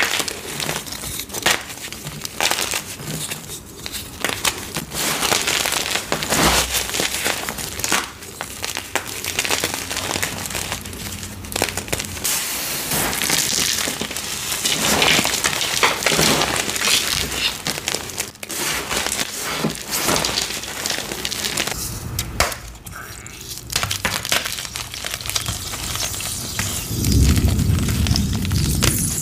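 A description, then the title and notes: Gym chalk being crushed, a dense, continuous run of crinkly, gritty crunching with frequent sharp crackles and small bursts throughout. The sound stays busy and bright, with a heavier, deeper rustle near the end. A series of short gym chalk crushing videos.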